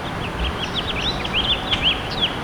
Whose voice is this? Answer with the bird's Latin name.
Haemorhous mexicanus